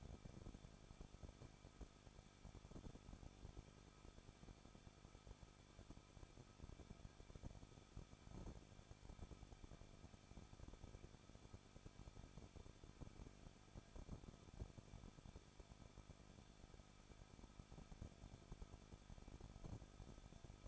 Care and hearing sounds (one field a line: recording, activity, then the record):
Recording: daily activity, microphone in the room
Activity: no activity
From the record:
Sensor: 5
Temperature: 20.9 degrees Celsius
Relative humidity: 38.1%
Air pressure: 1006.4 hPa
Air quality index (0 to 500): 187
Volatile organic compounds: 18 ppm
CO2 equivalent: 2624 ppm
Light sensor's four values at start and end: 2/3/1/1 and 2/3/1/1